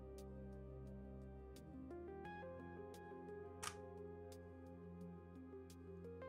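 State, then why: Seated. An accessory slides over a new Steam Controller (2026) and snaps on with one loud, sharp click at 3.7 s. The click stands out over steady background music, and the accessory is seated on the controller.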